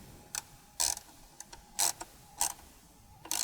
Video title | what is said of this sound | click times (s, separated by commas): 2021 Kawasaki Ninja 1000SX Fender Eliminator RG Tidy Tail Install | Looks like I stripped out the actual bolt, not the nut. | 3.3 s